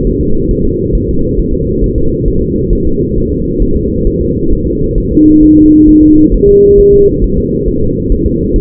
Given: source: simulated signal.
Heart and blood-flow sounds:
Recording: fetal heart sounds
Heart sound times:
0.07 s: S1
0.21 s: S2
0.51 s: S1
0.65 s: S2
0.95 s: S1
1.09 s: S2
1.39 s: S1
1.54 s: S2
1.84 s: S1
1.98 s: S2
2.28 s: S1
2.42 s: S2
2.73 s: S1
2.87 s: S2
3.18 s: S1
3.32 s: S2
3.62 s: S1
3.76 s: S2
4.07 s: S1
4.21 s: S2
4.52 s: S1
4.67 s: S2
4.98 s: S1
5.12 s: S2
5.43 s: S1
5.57 s: S2
5.89 s: S1
6.03 s: S2
6.34 s: S1
6.49 s: S2
6.80 s: S1
6.94 s: S2
7.24 s: S1
7.38 s: S2
7.68 s: S1
7.82 s: S2
8.12 s: S1
8.26 s: S2
8.56 s: S1
From the record:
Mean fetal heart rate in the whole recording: 135 bpm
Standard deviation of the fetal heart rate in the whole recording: 3 bpm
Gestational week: 36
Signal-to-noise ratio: -16.4 dB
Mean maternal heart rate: 72 bpm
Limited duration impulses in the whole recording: present

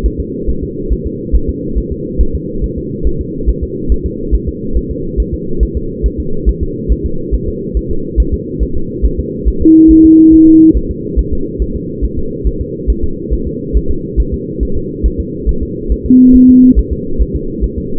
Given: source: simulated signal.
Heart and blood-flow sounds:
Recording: fetal heart sounds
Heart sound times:
0.06 s: S1
0.20 s: S2
0.50 s: S1
0.63 s: S2
0.92 s: S1
1.06 s: S2
1.35 s: S1
1.50 s: S2
1.78 s: S1
1.92 s: S2
2.21 s: S1
2.35 s: S2
2.64 s: S1
2.78 s: S2
3.07 s: S1
3.21 s: S2
3.49 s: S1
3.63 s: S2
3.92 s: S1
4.06 s: S2
4.35 s: S1
4.49 s: S2
4.77 s: S1
4.91 s: S2
5.20 s: S1
5.34 s: S2
5.63 s: S1
5.77 s: S2
6.06 s: S1
6.20 s: S2
6.49 s: S1
6.63 s: S2
6.92 s: S1
7.06 s: S2
7.34 s: S1
7.48 s: S2
7.77 s: S1
7.91 s: S2
8.20 s: S1
8.34 s: S2
8.63 s: S1
8.77 s: S2
9.05 s: S1
9.19 s: S2
9.48 s: S1
9.62 s: S2
9.91 s: S1
10.05 s: S2
10.34 s: S1
10.48 s: S2
10.77 s: S1
10.91 s: S2
11.19 s: S1
11.33 s: S2
11.62 s: S1
11.76 s: S2
12.04 s: S1
12.19 s: S2
12.47 s: S1
12.61 s: S2
12.90 s: S1
13.04 s: S2
13.33 s: S1
13.47 s: S2
13.77 s: S1
13.91 s: S2
14.20 s: S1
14.34 s: S2
14.63 s: S1
14.77 s: S2
15.06 s: S1
15.20 s: S2
15.49 s: S1
15.63 s: S2
15.92 s: S1
16.06 s: S2
16.35 s: S1
16.50 s: S2
16.79 s: S1
16.93 s: S2
17.22 s: S1
17.36 s: S2
17.64 s: S1
17.78 s: S2
From the record:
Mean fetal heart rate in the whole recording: 140 bpm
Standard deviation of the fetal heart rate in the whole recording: 2 bpm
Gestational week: 34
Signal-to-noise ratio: -8.1 dB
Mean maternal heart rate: 72 bpm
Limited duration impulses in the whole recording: present

